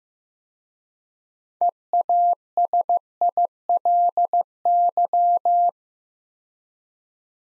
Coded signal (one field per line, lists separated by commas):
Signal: Morse code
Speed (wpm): 15 wpm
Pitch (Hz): 700 Hz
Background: none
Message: EASILY